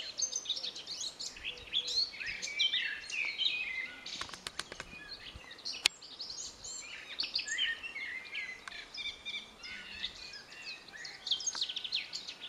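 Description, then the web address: Eurasian blackcap giving dense, rapid warbling phrases of varied chirps and whistled notes, with a few sharp clicks in the middle. "pub SETE data Sylvia atricapilla"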